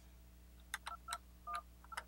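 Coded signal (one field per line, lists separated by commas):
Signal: DTMF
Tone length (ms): 70 ms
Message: 221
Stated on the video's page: Dialpad tones from an Alcatel-Lucent 8068s Premium DeskPhone deployed as a cloud station on the OXO Connect system.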